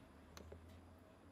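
The multi-pin wiring plug for the anti-collision sensor is pushed into its socket on a Worx Landroid robotic lawn mower. A sharp click is heard at 0.4 s, followed by a softer, brief sound at 0.5 s over a low steady hum. The plug clicks in and is seated.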